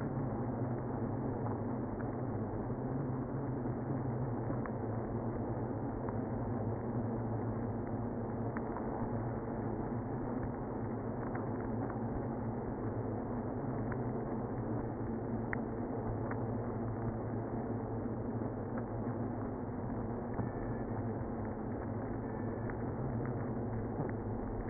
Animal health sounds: honeybee colony, microphone inside the hive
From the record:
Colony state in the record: queenless (queen removed); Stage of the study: after two queens were removed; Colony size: about 60,000 bees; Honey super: yes

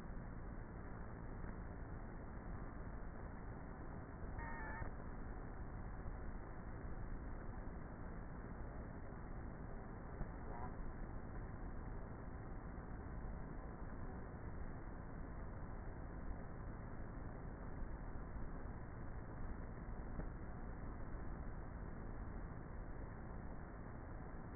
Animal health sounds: honeybee colony, microphone inside the hive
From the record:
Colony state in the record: queenless with a low population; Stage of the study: before two queens were removed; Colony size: about 30,000 bees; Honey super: no

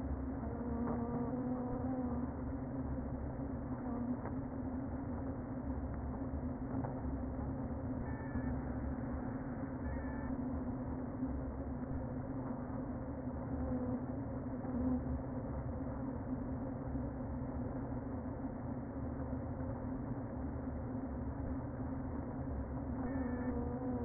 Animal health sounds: honeybee colony, microphone inside the hive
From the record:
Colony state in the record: queen present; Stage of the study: before two queens were removed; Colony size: about 60,000 bees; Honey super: yes

